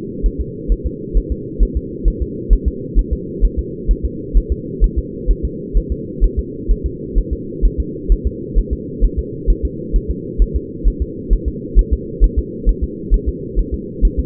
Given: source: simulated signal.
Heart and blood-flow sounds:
fetal heart sounds
0.26 s: S1
0.41 s: S2
0.72 s: S1
0.86 s: S2
1.17 s: S1
1.32 s: S2
1.63 s: S1
1.77 s: S2
2.08 s: S1
2.22 s: S2
2.53 s: S1
2.68 s: S2
2.99 s: S1
3.13 s: S2
3.45 s: S1
3.59 s: S2
3.91 s: S1
4.05 s: S2
4.37 s: S1
4.52 s: S2
4.84 s: S1
4.99 s: S2
5.31 s: S1
5.45 s: S2
5.77 s: S1
5.92 s: S2
6.24 s: S1
6.39 s: S2
6.71 s: S1
6.86 s: S2
7.18 s: S1
7.33 s: S2
7.65 s: S1
7.80 s: S2
8.12 s: S1
8.27 s: S2
8.58 s: S1
8.73 s: S2
9.05 s: S1
9.19 s: S2
9.50 s: S1
9.65 s: S2
9.96 s: S1
10.11 s: S2
10.42 s: S1
10.56 s: S2
10.88 s: S1
11.02 s: S2
11.33 s: S1
11.48 s: S2
11.79 s: S1
11.93 s: S2
12.24 s: S1
12.39 s: S2
12.69 s: S1
12.84 s: S2
13.14 s: S1
13.29 s: S2
13.59 s: S1
13.74 s: S2
14.05 s: S1
14.19 s: S2
From the record:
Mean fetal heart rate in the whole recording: 130 bpm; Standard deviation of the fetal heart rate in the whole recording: 2 bpm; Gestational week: 36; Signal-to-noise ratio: -4.1 dB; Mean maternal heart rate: no maternal heart sound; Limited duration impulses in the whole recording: absent

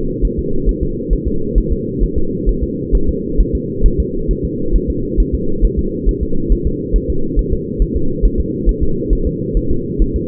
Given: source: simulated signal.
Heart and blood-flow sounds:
fetal heart sounds
0.25 s: S1
0.39 s: S2
0.69 s: S1
0.83 s: S2
1.13 s: S1
1.28 s: S2
1.58 s: S1
1.72 s: S2
2.03 s: S1
2.18 s: S2
2.49 s: S1
2.64 s: S2
2.95 s: S1
3.09 s: S2
3.40 s: S1
3.55 s: S2
3.86 s: S1
4.00 s: S2
4.31 s: S1
4.45 s: S2
4.75 s: S1
4.90 s: S2
5.20 s: S1
5.34 s: S2
5.64 s: S1
5.79 s: S2
6.09 s: S1
6.23 s: S2
6.52 s: S1
6.67 s: S2
6.96 s: S1
7.10 s: S2
7.39 s: S1
7.53 s: S2
7.82 s: S1
7.97 s: S2
8.25 s: S1
8.40 s: S2
8.69 s: S1
8.83 s: S2
9.13 s: S1
9.27 s: S2
9.57 s: S1
9.71 s: S2
10.02 s: S1
10.16 s: S2
From the record:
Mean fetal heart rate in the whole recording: 135 bpm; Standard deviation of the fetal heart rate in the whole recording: 3 bpm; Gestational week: 36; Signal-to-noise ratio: -8.1 dB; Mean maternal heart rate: 72 bpm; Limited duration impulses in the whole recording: absent

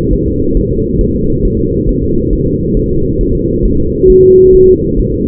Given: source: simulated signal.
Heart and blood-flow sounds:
fetal heart sounds
0.13 s: S1
0.28 s: S2
0.57 s: S1
0.72 s: S2
1.01 s: S1
1.16 s: S2
1.45 s: S1
1.60 s: S2
1.89 s: S1
2.04 s: S2
2.33 s: S1
2.47 s: S2
2.77 s: S1
2.91 s: S2
3.21 s: S1
3.35 s: S2
3.65 s: S1
3.80 s: S2
4.10 s: S1
4.24 s: S2
4.55 s: S1
4.69 s: S2
5.00 s: S1
5.14 s: S2
From the record:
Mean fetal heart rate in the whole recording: 135 bpm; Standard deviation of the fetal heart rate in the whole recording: 3 bpm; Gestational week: 36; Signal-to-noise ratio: -15.3 dB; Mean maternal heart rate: 72 bpm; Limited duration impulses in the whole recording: present

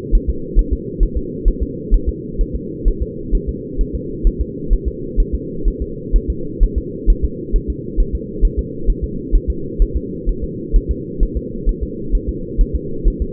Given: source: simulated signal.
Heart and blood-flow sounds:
fetal heart sounds
0.15 s: S1
0.30 s: S2
0.59 s: S1
0.73 s: S2
1.03 s: S1
1.17 s: S2
1.48 s: S1
1.62 s: S2
1.94 s: S1
2.09 s: S2
2.41 s: S1
2.55 s: S2
2.88 s: S1
3.02 s: S2
3.35 s: S1
3.49 s: S2
3.81 s: S1
3.95 s: S2
4.27 s: S1
4.41 s: S2
4.73 s: S1
4.88 s: S2
5.20 s: S1
5.34 s: S2
5.68 s: S1
5.82 s: S2
6.16 s: S1
6.30 s: S2
6.63 s: S1
6.78 s: S2
7.10 s: S1
7.25 s: S2
7.56 s: S1
7.70 s: S2
8.00 s: S1
8.15 s: S2
8.45 s: S1
8.59 s: S2
8.90 s: S1
9.04 s: S2
9.35 s: S1
9.50 s: S2
9.82 s: S1
9.97 s: S2
10.29 s: S1
10.44 s: S2
10.76 s: S1
10.91 s: S2
11.23 s: S1
11.37 s: S2
11.69 s: S1
11.83 s: S2
12.15 s: S1
12.29 s: S2
12.61 s: S1
12.76 s: S2
13.08 s: S1
13.22 s: S2
From the record:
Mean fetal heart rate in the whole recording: 130 bpm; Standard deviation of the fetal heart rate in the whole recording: 4 bpm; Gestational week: 38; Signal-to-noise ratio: -4.3 dB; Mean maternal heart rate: 72 bpm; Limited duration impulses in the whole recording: absent

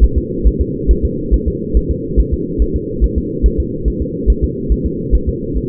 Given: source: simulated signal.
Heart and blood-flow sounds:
fetal heart sounds
0.04 s: S1
0.18 s: S2
0.47 s: S1
0.61 s: S2
0.91 s: S1
1.05 s: S2
1.34 s: S1
1.48 s: S2
1.77 s: S1
1.91 s: S2
2.20 s: S1
2.34 s: S2
2.62 s: S1
2.76 s: S2
3.04 s: S1
3.18 s: S2
3.46 s: S1
3.60 s: S2
3.88 s: S1
4.02 s: S2
4.30 s: S1
4.44 s: S2
4.72 s: S1
4.86 s: S2
5.15 s: S1
5.29 s: S2
5.57 s: S1
From the record:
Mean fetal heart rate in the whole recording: 140 bpm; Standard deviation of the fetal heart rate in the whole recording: 2 bpm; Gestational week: 34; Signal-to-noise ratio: -6.6 dB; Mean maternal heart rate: 72 bpm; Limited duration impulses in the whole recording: present

